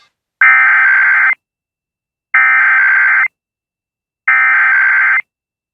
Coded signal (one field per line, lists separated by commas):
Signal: Emergency Alert System (SAME) tones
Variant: header bursts